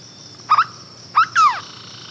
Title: LuckyPassaro Completos2Sama. Hooded Berryeater (Carpornis cucullata)